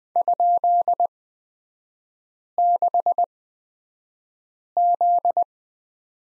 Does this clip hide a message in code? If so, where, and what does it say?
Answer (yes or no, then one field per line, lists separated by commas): yes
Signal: Morse code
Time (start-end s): 0.2-5.4 s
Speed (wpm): 20 wpm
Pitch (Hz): 700 Hz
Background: none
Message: ?6Z